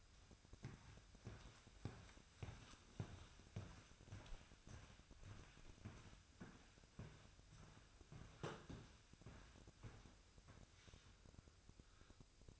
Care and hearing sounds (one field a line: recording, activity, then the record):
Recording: daily activity, microphone in the room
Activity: walk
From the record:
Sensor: 2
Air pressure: 1001.5 hPa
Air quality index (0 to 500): 228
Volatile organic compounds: 26 ppm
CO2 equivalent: 2862 ppm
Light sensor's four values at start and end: 8/28/11/10 and 8/28/11/10